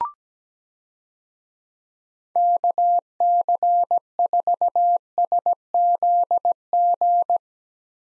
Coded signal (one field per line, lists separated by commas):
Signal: Morse code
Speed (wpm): 17 wpm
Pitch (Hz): 700 Hz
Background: none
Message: KC4SZG